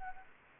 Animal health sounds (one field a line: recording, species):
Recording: mosquito wingbeat signal from an infrared sensor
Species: Anopheles gambiae